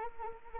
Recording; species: mosquito wingbeat signal from an infrared sensor; Anopheles arabiensis